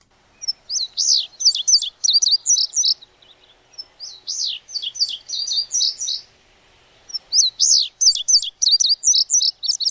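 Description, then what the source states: Indigo Bunting song: three high, shrill phrases of paired notes in quick bursts, separated by short pauses. Played-back song, described as shrill with some tisking; notes tend to be two-part and paired, and the song is called distinctive.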